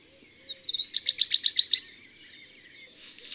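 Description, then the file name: Black redstart song: a brief high whistle leading into a fast run of several sharp, evenly spaced notes, with faint chatter from other birds after. "Rougequeue noir"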